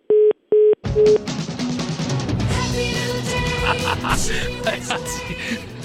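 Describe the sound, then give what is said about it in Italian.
Three short, evenly spaced beeps of a phone line's hang-up tone, steady and mid-pitched, cut off by a loud, dense wash of sound that fills the rest. “Ogni volta però cazzo, ma perché fai chiudere il telefono a quel poveraccio?”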